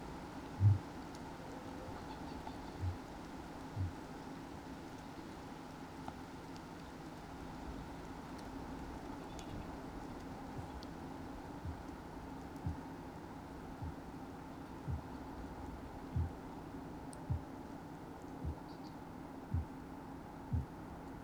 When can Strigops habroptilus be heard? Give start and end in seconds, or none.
0.45-0.91, 2.68-3.97, 10.39-10.75, 11.49-11.79, 12.54-12.82, 13.58-14.10, 14.70-15.11, 16.04-16.43, 17.12-17.49, 18.29-18.70, 19.32-19.76, 20.38-20.75